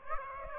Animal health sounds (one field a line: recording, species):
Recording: mosquito wingbeat signal from an infrared sensor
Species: Aedes aegypti